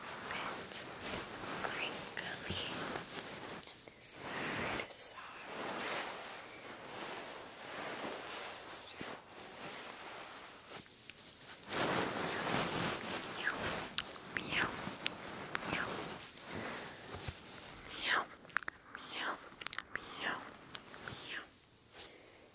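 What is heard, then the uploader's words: Fluffy paws brush and rub in soft, shifting swishes that rise and fall every second or two, with brief pauses and a few sharp clicks. The rushing, airy texture sounds like surf, with occasional faint speech-like traces. ASMR Ear Massage with FLUFFY PAWS. 3Dio Ear to Ear.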